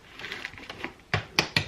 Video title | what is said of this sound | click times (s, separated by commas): Livolo Light Switch | should hear a solid snap whenever it makes its full connection | 1.4 s